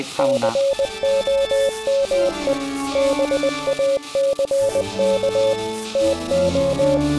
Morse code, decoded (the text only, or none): COME BACK TO